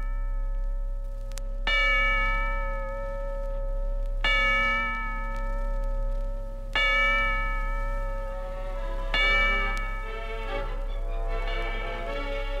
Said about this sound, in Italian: Convitto poi nel breve chiostro, silenzioso di abitatori, se si eccettuano le rondini roteanti intorno al campanile da cui scendono i rintocchi argentini delle ore.